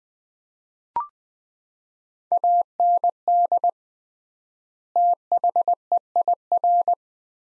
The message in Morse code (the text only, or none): AND THEIR